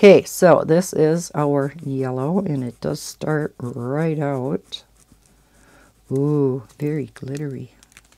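Someone talks while handling a felt-tip marker and its plastic cap, with a few faint, brief ticks in the pauses. The cap has not yet been pushed onto the marker barrel, so nothing has seated or clicked yet.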